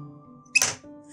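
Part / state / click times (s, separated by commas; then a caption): rotating breech cover on a single-shot rifle / released / 0.6 s. A rotating breech cover on a single-shot rifle is flicked open, going over center so a spring and a flat-sided dowel snap it into the open position. A sharp, bright click lands at 0.6 s and rings down over a low steady hum. The cover is released and clicks positively into the open position.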